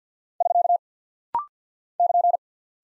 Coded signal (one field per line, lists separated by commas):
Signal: Morse code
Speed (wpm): 48 wpm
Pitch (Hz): 700 Hz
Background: none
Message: <SK> <KN>